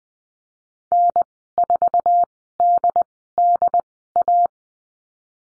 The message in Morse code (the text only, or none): N4DDA